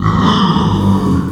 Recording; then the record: squeal of a Yucatan mini pig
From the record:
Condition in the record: after surgery on the right vocal fold (resection and tissue-engineered implant); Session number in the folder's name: 15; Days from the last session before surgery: 175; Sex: female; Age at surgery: 19 weeks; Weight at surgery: 25 kg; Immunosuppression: prednisolone